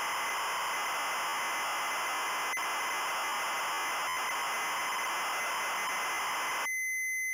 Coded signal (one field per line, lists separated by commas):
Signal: ZX Spectrum tape loading